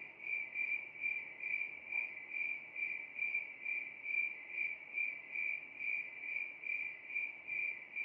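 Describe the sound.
Cricket calling with a shrill, pulsing trill, each swell about half a second apart, unbroken for the whole stretch, soft background noise beneath.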